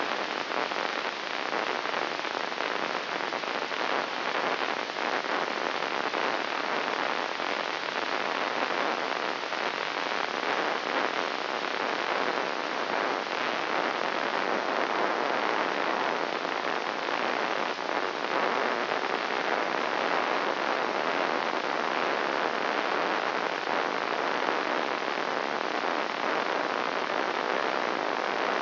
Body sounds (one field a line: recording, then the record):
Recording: brain microelectrode recording played as sound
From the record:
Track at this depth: outside the subthalamic nucleus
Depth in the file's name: -0.483 mm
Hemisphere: left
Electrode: 3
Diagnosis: Parkinson's disease